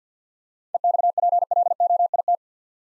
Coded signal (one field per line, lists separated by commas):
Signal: Morse code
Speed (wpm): 46 wpm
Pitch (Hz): 700 Hz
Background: none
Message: EXPLOIT